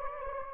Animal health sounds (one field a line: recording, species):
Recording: mosquito wingbeat signal from an infrared sensor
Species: Anopheles gambiae